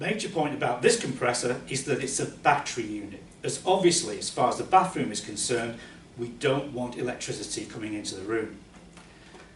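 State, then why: Seated. Someone talks about a battery-powered compressor, an Airflow 12, kept battery-run so no mains electricity comes into the bathroom. At 9.0 s, a short tick-like click is heard as the air hose of a Mangar bathing-cushion inflation system is attached to the port on the compressor, and it clicks into place and seats.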